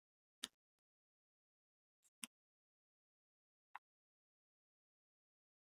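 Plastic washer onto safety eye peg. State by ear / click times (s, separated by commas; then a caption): not seated / none. A plastic washer is pressed again onto the peg of a safety eye, producing a few brief, sharp plastic ticks, at about 0.5, 2.2 and 3.8 seconds, separated by silence. The washer has not clicked into place on the peg yet.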